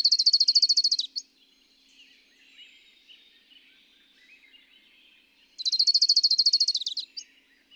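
Bird song: an already running high, buzzy trill that ends with a short extra note, a pause of soft chirps, then the rattling trill again.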